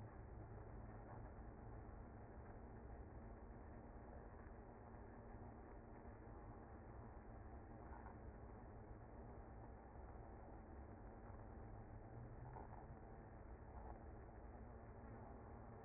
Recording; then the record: honeybee colony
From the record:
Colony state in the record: active